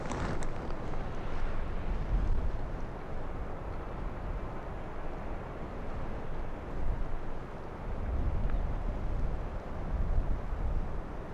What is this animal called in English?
Arctic Fox